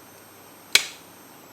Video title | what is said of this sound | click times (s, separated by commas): Antbo: Assembly Part 1 - 6/2/17 | you hear the clip sound but once everything is aligned properly along the groove here and | 0.8 s